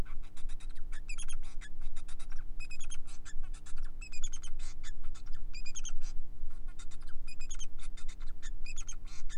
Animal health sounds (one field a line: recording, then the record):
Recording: song of a male Bengalese finch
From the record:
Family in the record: son of father 4